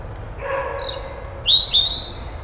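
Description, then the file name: European robin song: a few thin high notes, ending in two sharp, high whistles in quick succession. "Erithacus rubecula"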